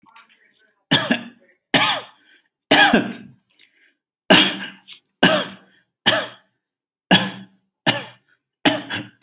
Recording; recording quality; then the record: heavy voluntary cough; excellent, no background noise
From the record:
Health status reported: healthy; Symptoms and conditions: diabetes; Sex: male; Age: 63 years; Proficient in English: yes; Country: India